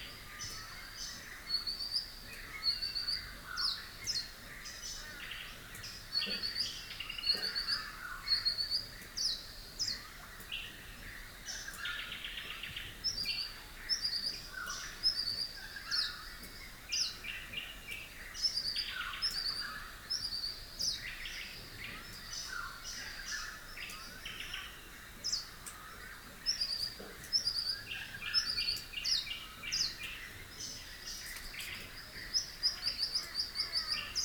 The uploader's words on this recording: Rural Dawn Chorus, Rathdowney, Queensland. It's recorded using two microphones placed as if they were human ears. Today it's the Dawn Chorus in the tiny town of Rathdowney, Queensland.